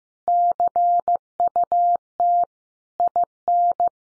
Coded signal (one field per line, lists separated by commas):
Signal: Morse code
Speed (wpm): 14 wpm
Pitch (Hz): 700 Hz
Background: none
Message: CUT IN